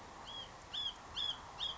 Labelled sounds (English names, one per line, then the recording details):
White-breasted Nuthatch
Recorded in Sonoma County, California